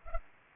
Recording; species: mosquito wingbeat signal from an infrared sensor; Culex pipiens